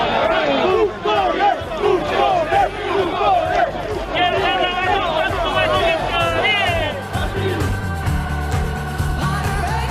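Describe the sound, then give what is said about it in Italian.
A loud crowd in Mondragone, Italy, protesting against Salvini shouts and jeers continuously, many overlapping voices yelling in rising, wavering pitches, with a dense murmur of chatter underneath throughout. “Comunque, ieri Salvini a Mondragone, contestato e costretto a lasciare il posto.”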